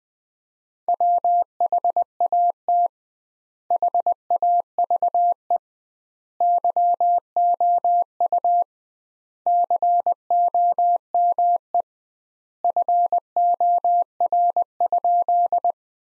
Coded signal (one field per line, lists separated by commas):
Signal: Morse code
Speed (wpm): 20 wpm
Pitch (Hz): 700 Hz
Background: none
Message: WHAT HAVE YOU COME FOR?